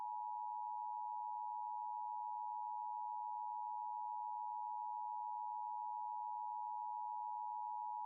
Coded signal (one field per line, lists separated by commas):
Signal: Emergency Alert System (SAME) tones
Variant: 853 and 960 Hz attention tone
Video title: LIVE AM/MW DX: DX Central Live - S. 4, Ep. 5 | Friday, February 9, 2024